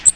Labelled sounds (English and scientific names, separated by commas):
Magnolia Warbler (Setophaga magnolia) flight call